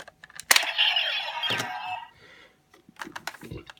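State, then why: Released. A small plastic release switch on a toy weapon is pushed upward, following an arrow, and gives a sharp click at 0.5 s that releases the locked toy watch from its slot. A bright, sustained ringing tone follows until about 2.0 s, then quieter handling clicks come near 3.0 to 3.3 s.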